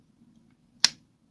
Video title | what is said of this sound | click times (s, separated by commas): MERCEDES BENZ E CLASS FLIP KEY FIX. #MERCEDES #tiktok #automobile #entertainment #repair | it locks in place. | 0.9 s